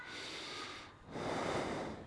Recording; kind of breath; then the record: one breath in and out by a microphone near the nose and mouth; normal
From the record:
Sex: male